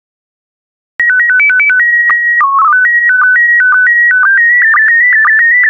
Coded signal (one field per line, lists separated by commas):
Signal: SSTV (slow-scan television)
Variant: PD 120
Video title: 3062 World War II Planes SSTV PD120